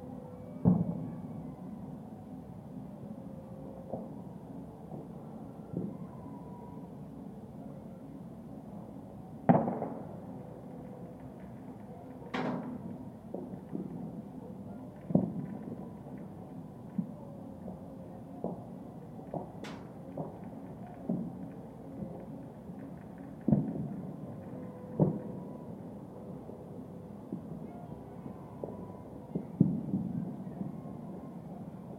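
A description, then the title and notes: Sharp bangs like fireworks or gunshots go off every few seconds over a steady low rumble of traffic, with louder cracks near 9, 12 and 19 seconds. Faint voices and tonal snatches, perhaps music, drift through the background throughout. Tucson New Year's. THE ETERNAL TUCSON EARTH DRONE/HUM.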